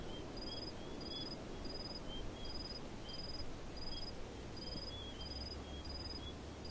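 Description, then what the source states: Crickets chirping in short pulsed bursts repeated at a steady pace, with a fainter, lower cricket chirping irregularly beneath, over a steady low rumble of background noise. Several crickets, recorded in the desert.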